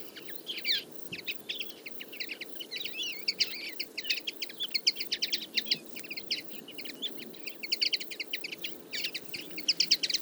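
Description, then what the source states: Common Linnet flock babble: continuous fast twittering and chirping from many birds, with louder bursts throughout and low hum behind. Flock of about fifty feeding in a field, late summer; calls, flights and autumn babbling; recorded for an hour with a single-microphone parabola.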